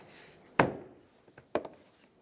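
With a new engine air filter set in the housing of a 2008-2010 Ford F-250 Super Duty, the spring clamps on both sides of the plastic engine air box lid are snapped down, giving two sharp snaps at 0.6 s and 1.55 s, with faint ticks between and after. The clamps close easily, which shows the filter is seated and the lid sealed.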